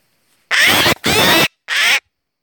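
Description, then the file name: Eurasian jay producing three harsh, rasping screeches in rapid succession, the last one shorter, in an otherwise quiet setting. "Garrulus glandarius"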